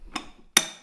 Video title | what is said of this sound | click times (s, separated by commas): Bosch Angle Grinder Review - Universal Grind (750 W) Corded 240 Volts | it should oh lock into place | 0.6 s